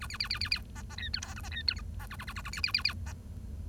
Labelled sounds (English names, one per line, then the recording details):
Bengalese Finch song
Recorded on 1 October 2012 at 10:43
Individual or60yw70